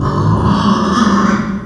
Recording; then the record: squeal of a Yucatan mini pig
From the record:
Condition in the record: after surgery on the right vocal fold (resection and tissue-engineered implant); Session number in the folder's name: 16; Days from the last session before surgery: 183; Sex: female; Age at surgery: 19 weeks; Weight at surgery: 25 kg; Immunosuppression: prednisolone